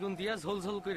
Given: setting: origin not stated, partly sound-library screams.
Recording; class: one-second piece from a danger detection set; normal situation